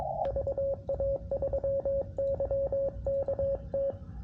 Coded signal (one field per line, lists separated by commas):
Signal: Morse code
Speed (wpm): 22 wpm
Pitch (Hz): 550 Hz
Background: radio noise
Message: VA3YKT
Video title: QRP Labs QMX CW POTA On 10 Meters